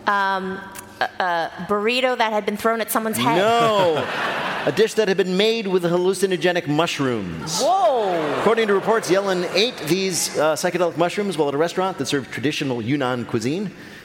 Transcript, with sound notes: A burrito that had been thrown at someone's head.
No.
(LAUGHTER)
A dish that had been made with hallucinogenic mushrooms.
Whoa.
According to reports, Yellen ate these psychedelic mushrooms while at a restaurant that served traditional Yunnan cuisine.